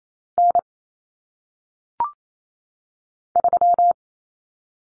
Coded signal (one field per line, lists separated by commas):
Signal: Morse code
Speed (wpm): 28 wpm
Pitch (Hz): 700 Hz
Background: none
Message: N 3